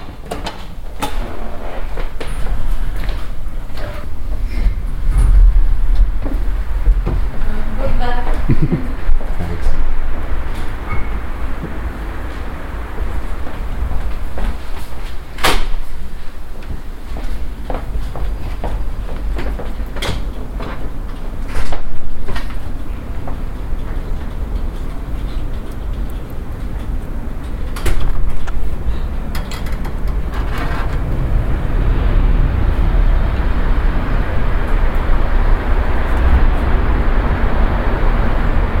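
Indoor museum ambience with a steady low rumble, scattered knocks and door-like clunks, and a few sharp clicks every several seconds.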